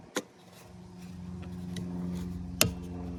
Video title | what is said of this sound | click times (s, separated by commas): Nissan Rogue Rear Windshield Wiper Replacement | And you should hear that click sound. That'll know that it's secure inside and | 2.6 s